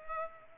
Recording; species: mosquito wingbeat signal from an infrared sensor; Culex pipiens